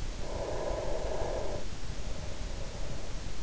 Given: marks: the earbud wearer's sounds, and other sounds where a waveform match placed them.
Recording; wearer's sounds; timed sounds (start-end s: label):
sounds in sleep by an in-ear microphone; breath
0.10-3.43 s: breath